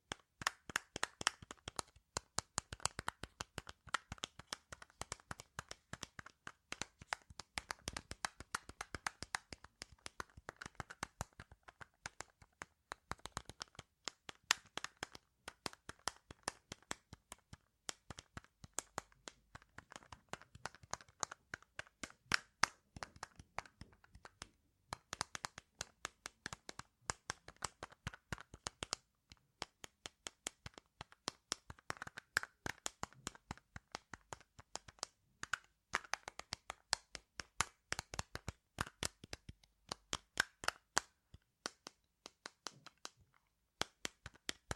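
Layered tapping runs for the full length as dense, irregular clicks and knocks, crisp and bright, with quick bursts and brief gaps throughout.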